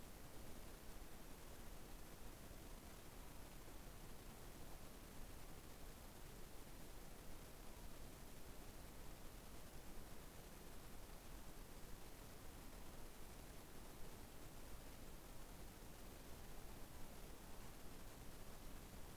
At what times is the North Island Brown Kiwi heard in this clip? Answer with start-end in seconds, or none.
none